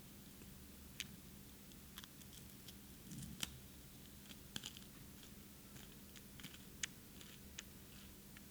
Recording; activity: daily activity, guitar pickup as the sensor; eat